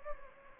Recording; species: mosquito wingbeat signal from an infrared sensor; Anopheles gambiae